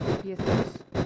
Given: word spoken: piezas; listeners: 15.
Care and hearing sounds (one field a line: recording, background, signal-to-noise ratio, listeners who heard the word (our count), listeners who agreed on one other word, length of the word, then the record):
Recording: one Spanish word in noise, from a listening test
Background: noise modulated by one talker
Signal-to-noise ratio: -12.2 dB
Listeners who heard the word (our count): 3 of 15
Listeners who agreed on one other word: 6 of 15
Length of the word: 0.66 s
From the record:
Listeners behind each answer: 6, 3, 2, 1, 1, 1, 1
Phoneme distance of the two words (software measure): 14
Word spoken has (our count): 2 syllables, 6 phonemes, stress on syllable 1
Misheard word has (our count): 3 syllables, 8 phonemes, stress on syllable 2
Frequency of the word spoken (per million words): 54.23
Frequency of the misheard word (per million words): 1.51